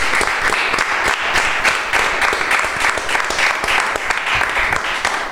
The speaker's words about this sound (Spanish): La despedimos con un aplauso como se merece, aunque seamos poquitos.